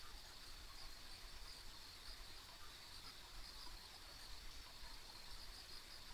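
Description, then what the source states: Insects keep up a high, even trill, flecked with brief chirps, beneath which a low rushing rumble continues. Ambient insect sounds on a country road.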